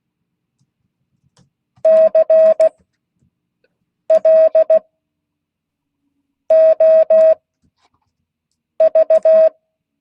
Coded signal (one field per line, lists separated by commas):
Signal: Morse code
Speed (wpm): 16 wpm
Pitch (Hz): 640 Hz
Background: none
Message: CLOV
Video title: Monday 2022-08-15 Morse code class